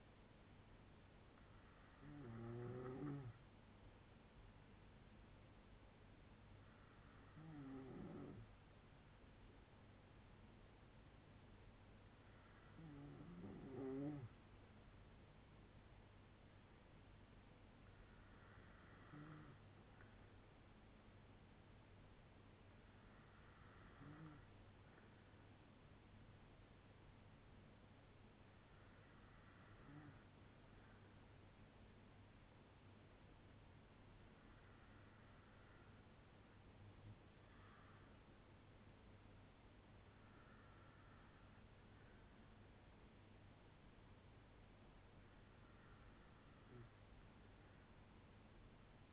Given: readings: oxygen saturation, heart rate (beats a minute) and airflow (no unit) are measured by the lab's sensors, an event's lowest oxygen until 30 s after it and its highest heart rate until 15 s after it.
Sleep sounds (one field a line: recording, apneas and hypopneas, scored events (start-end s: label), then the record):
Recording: breathing in sleep by a voice recorder at the bedside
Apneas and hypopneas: none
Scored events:
none scored
From the record:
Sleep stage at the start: N2 (light sleep)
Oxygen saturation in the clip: 93 to 95%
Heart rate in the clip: 58 to 68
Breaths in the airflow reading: 9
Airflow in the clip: -5.3 to 3.9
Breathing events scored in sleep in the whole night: 182 in 7.4 hours asleep